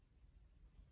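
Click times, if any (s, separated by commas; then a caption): none. A Scotch tension flyer for a Louët S10C spinning wheel is handled at the wheel's flyer shaft with its magnetic bar. Only a faint, steady low rumble and hiss are heard, with no distinct click. Nothing has seated or clicked yet.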